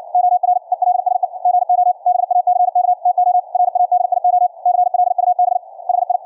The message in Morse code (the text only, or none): OR ELSE GO BACK TO RADIO CLUB HI